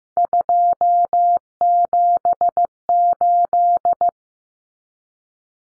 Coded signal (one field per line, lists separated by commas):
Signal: Morse code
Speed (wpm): 15 wpm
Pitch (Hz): 700 Hz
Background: none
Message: 278